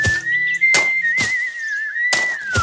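A man gathering peat on a moor whistles a thin, high, steady melody with only slight pitch wavering as he works, while four sharp percussive thumps land irregularly beneath it.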